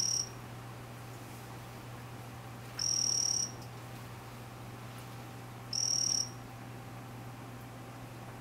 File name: Ranitomeya Vanzolinii calling